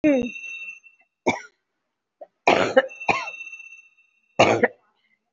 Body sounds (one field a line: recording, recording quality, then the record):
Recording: shallow voluntary cough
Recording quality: moderate, slight background noise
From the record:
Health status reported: COVID-19 positive, moderate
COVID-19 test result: positive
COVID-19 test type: RT-PCR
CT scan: taken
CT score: 3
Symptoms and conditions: cough, cold, sore throat, fever, muscle pain, loss of smell and taste, another respiratory illness, hypertension, another condition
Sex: female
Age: 60 years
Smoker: no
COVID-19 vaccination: none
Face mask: worn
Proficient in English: no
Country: India